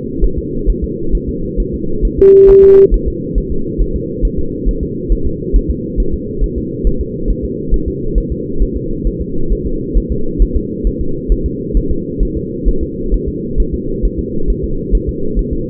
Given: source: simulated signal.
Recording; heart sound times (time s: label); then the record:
fetal heart sounds
0.24 s: S1
0.38 s: S2
0.70 s: S1
0.84 s: S2
1.15 s: S1
1.29 s: S2
1.60 s: S1
1.74 s: S2
2.05 s: S1
2.19 s: S2
2.50 s: S1
2.64 s: S2
2.94 s: S1
3.08 s: S2
3.38 s: S1
3.52 s: S2
3.82 s: S1
3.96 s: S2
4.25 s: S1
4.39 s: S2
4.69 s: S1
4.83 s: S2
5.12 s: S1
5.27 s: S2
5.56 s: S1
5.70 s: S2
6.00 s: S1
6.14 s: S2
6.44 s: S1
6.58 s: S2
6.87 s: S1
7.01 s: S2
7.30 s: S1
7.45 s: S2
7.74 s: S1
7.88 s: S2
8.18 s: S1
8.32 s: S2
8.62 s: S1
8.77 s: S2
9.07 s: S1
9.22 s: S2
9.52 s: S1
9.67 s: S2
9.98 s: S1
10.12 s: S2
10.42 s: S1
10.57 s: S2
10.87 s: S1
11.01 s: S2
11.32 s: S1
11.46 s: S2
11.77 s: S1
11.91 s: S2
12.23 s: S1
12.37 s: S2
12.69 s: S1
12.83 s: S2
13.14 s: S1
13.29 s: S2
13.60 s: S1
13.74 s: S2
14.05 s: S1
14.19 s: S2
14.50 s: S1
14.64 s: S2
14.95 s: S1
15.09 s: S2
15.39 s: S1
15.53 s: S2
From the record:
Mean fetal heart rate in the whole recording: 135 bpm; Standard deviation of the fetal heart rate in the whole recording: 3 bpm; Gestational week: 36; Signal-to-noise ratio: -8.1 dB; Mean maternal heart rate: 72 bpm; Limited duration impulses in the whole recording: present